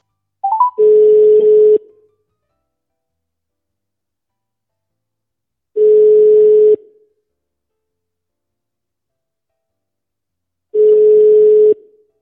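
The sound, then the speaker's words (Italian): A telephone ringback tone sounds in three steady, mid-pitched pulses about a second long, spaced by roughly four seconds of silence, with a brief higher blip before the first. “Però squilla.”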